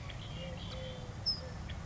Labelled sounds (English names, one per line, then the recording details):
Eurasian Collared Dove
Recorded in Sonoma County, California